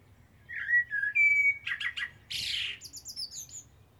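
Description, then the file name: Common blackbird song: a low fluted whistled opening, then buzzy rattling notes and a high thin twittering flourish at the end, over a faint low hum. "Turdus merula"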